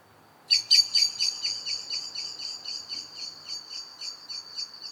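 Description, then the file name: Eurasian blackbird bursts into loud sharp notes that run on rapidly, gradually softening into a fast fluttering chatter. "Turdus merula"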